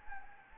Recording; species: mosquito wingbeat signal from an infrared sensor; Anopheles gambiae